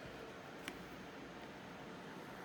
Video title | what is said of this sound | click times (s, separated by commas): Broken Center Button? - Can I Fix It? Ipod Classic Edition s01e16 | just kind of pry up like so till you hear that click | 0.7 s